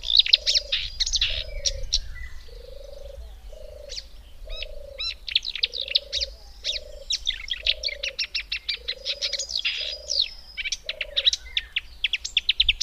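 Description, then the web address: Marsh warbler song, a fast varied stream of high chattering, buzzy and whistled notes, over low croaking notes repeated roughly every second, probably a frog. "agykontroll Madardalok Cd 2. Énekes nádiposzáta"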